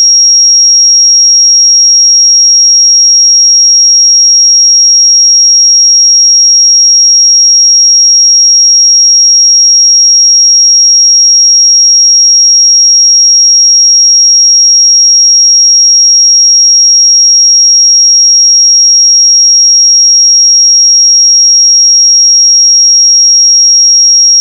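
A pure sine tone at 5605 Hz holds perfectly steady for the whole clip, a single thin, bright, piercing pitch. Its loudness never changes, and there are no other sounds, no breaks and no background noise.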